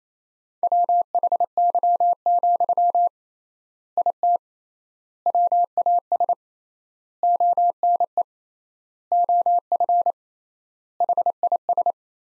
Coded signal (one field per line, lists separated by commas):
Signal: Morse code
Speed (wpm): 28 wpm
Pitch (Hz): 700 Hz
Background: none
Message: WHY, IT WAS ONE OF HIS